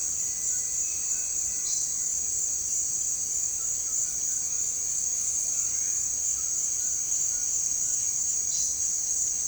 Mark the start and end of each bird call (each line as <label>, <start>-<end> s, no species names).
bird call, 0.00-2.07 s
bird call, 3.60-4.80 s
bird call, 6.31-7.97 s
bird call, 8.54-8.85 s